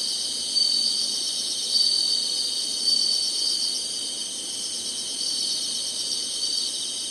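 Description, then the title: Insects trilling in a bright, continuous high buzz, with short stronger bursts about every second in the first few seconds. Summer. "SINGING INSECTS SUMMER"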